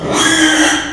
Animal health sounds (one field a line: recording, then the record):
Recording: squeal of a Yucatan mini pig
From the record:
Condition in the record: after surgery on the right vocal fold (resection and tissue-engineered implant)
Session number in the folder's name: 3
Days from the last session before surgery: 33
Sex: male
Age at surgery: 12 weeks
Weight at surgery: 13 kg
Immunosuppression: cyclosporine, prednisolone